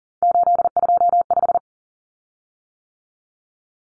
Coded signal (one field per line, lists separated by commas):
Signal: Morse code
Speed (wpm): 40 wpm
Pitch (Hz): 700 Hz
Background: none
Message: 825